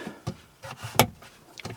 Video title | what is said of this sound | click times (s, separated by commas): Handy Joytutus Car Cup Holder Tray | and that locks in place | 1.0 s